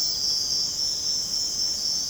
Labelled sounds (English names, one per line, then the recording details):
none
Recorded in secondary vegetation near Puerto Asís, Putumayo, Colombia, on 21 March 2025 at 05:00
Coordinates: 0.485, -76.322
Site G040